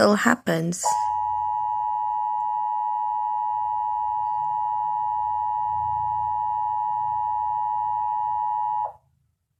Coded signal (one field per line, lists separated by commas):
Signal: Emergency Alert System (SAME) tones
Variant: 853 and 960 Hz attention tone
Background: speech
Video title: emergency alert system